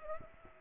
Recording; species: mosquito wingbeat signal from an infrared sensor; Aedes aegypti